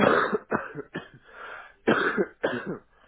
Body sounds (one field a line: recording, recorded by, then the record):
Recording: voluntary cough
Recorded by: telephone call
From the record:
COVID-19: positive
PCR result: self-reported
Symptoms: yes